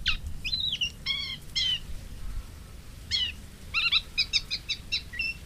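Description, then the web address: Moustached warbler song of scattered notes: downslurred whistles, short harmonic chirps and a quick stuttering run of short notes near the end. "agykontroll Madardalok Cd 3. Fülemülesitke"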